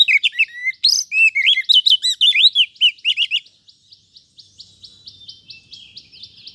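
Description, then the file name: Oriental magpie-robin song: a loud run of varied whistled and warbled notes for about three seconds, then a softer series of quick repeated high chips. "Suara-Kacer-Versi-1"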